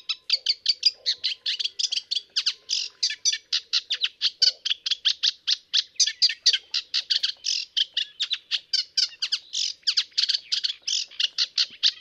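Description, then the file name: Eurasian reed warbler song: a long unbroken run of harsh, grating, churring notes repeated in rapid rhythmic series. "Rousserolle effarvatte"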